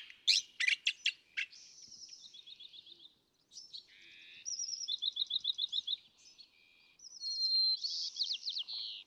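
California thrasher song opening with loud sharp notes, then varied phrases of fast trills and buzzy notes, with a rapid note series near the end.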